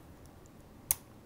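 After the remaining combinations are tried on the wheels of a small metal combination padlock from a diary, faint light ticks sound at about 0.3 and 0.5 seconds. The shackle then springs open with one sharp, loud click at 0.9 seconds, and the lock is released.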